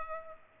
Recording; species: mosquito wingbeat signal from an infrared sensor; Culex pipiens